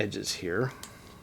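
Someone talks while handling a plastic transformable panel on a Transformers Origin Bumblebee action figure, folding a section down toward the figure's body where its two small edges are meant to snap into place. Nothing has seated or clicked yet; the panel is handled but not yet home.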